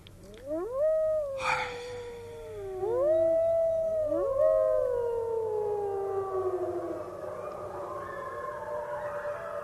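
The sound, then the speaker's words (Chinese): Three wolves howl in long, wavering tones that swoop up and then slowly glide down, overlapping into a loud chorus that thins out toward the end. No one speaks. “哎，狼嘴里还叼着一束野花。”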